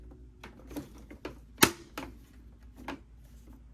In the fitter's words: just snaps into place okay